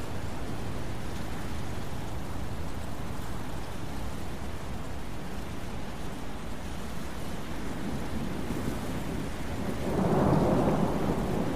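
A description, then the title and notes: A thunderstorm: a steady, dense wash of rain and wind noise, heavy in the low end, holds evenly for most of the twelve seconds. Around the tenth second a deeper, louder rumble swells up, like thunder rolling in. Thunderstorm Sounds for Sleep with Wind White Noise.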